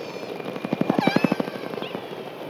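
Killer whale clicks: a quick burst of several low, evenly spaced pulses rises and fades within a second, with a short faint tonal note above.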